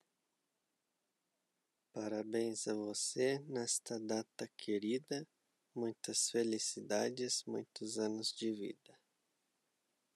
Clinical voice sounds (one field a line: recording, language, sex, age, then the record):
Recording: short text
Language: Brazilian Portuguese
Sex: male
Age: 30 to 39 years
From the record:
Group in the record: control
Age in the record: 31 years